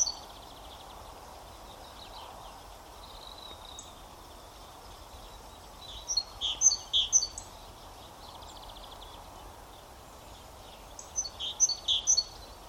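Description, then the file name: Great tit calls: two bursts of sharp high notes, one midway and one near the end, amid constant low hiss. "Parus major"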